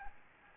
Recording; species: mosquito wingbeat signal from an infrared sensor; Anopheles gambiae